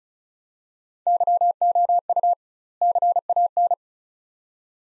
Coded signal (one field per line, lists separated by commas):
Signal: Morse code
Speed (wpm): 34 wpm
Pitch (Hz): 700 Hz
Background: none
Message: YOU CAN